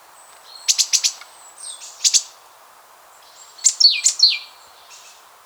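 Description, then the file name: Great tit calls: a few sharp clicking bursts, then a quick run of bright notes sweeping downward from high to mid pitch, with a faint high whistle in the background. "Parus major"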